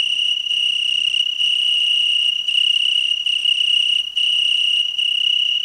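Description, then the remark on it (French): Steady, shrill chirping of crickets raising two transparent wings and vibrating them, thousands on leaves and grass tips across a valley, a continuous high-pitched trill with faint rhythmic pulsing and brief dips, loud and alone without any talking. “Ils dressent deux ailes transparentes en l'air et les font vibrer.”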